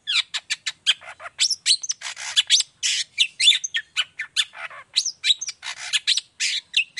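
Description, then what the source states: Long-tailed shrike song: a continuous, fast jumble of scratchy chatter, whistled slurs and harsh rasps with hardly any pause. Morning; gacor (vigorous full song) with 'toet toet' notes, varied sounds and a clear voice, said to be easy for other shrikes to imitate.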